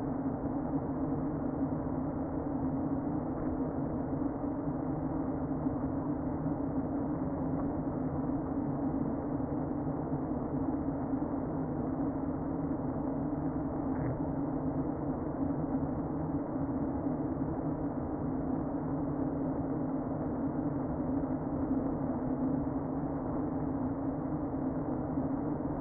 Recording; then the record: honeybee colony, microphone inside the hive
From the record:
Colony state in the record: queen present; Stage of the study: before two queens were removed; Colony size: about 60,000 bees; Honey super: yes